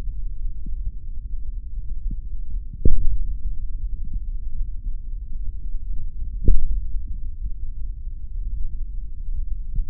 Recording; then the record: forearm muscle sounds (acoustic myography)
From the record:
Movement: hand opening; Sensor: system 3, bracelet of six PUI Audio POM-2738L microphones around the upper forearm, with dedicated amplification and filtering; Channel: 4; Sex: male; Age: 26 years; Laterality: right